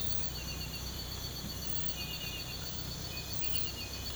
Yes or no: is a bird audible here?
no